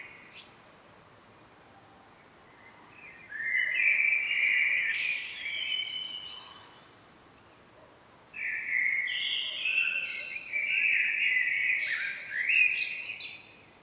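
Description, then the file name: Common blackbird song: a warbled phrase with a squeaky high tail, a silent gap of about two seconds, then a longer, more varied phrase ending in high twitters. "Turdus merula"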